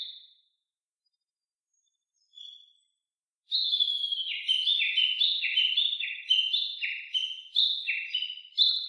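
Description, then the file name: Japanese bush warbler valley-crossing call: after a quiet start with a couple of soft high notes, a fast series of descending whistled phrases pours out and continues to the end. Valley-crossing call (taniwatari) of the Japanese bush warbler, recorded 10 July 2015 at 07:23 in the morning. "Uguisu Taniwatari 20150710-072346"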